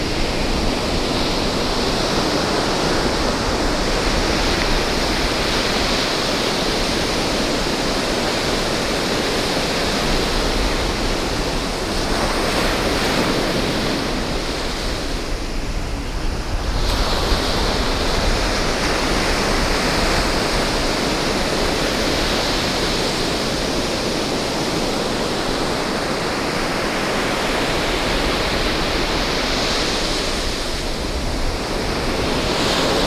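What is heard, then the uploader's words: Ocean waves roll in as a dense, steady wash of surf with no quiet gaps, the roar holding nearly level throughout. Broader surges swell around the middle and again near the end, and a bright hiss of foam rides over a deep rumble. The Waves of Santa Monica.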